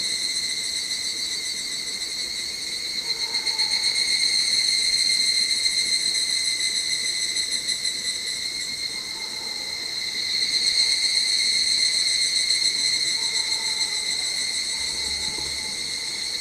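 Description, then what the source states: Evening cicada song: a steady, high, shimmering ringing drone that swells around four and eleven seconds, then fades slightly. On 25 July 2010, captured with a digital camera.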